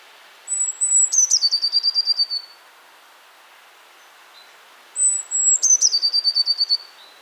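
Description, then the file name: Eurasian blue tit song: a thin, high whistled note that drops into a fast, even trill. The phrase is given twice. "Cyanistes caeruleus"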